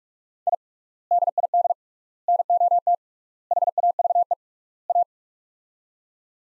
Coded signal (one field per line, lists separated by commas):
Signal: Morse code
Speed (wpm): 42 wpm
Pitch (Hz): 700 Hz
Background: none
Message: I DID NOT HAVE A